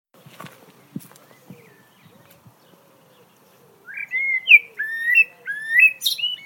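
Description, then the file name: Common blackbird song opening with faint scattered clicks and ticks, then a clear flute-like warbled phrase after four seconds, finishing with sharp high-pitched squeaky twitters. "Turdus merula"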